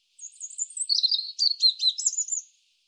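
European robin song: a quick, high, warbled phrase of thin sliding notes lasting about two seconds, with a quiet background.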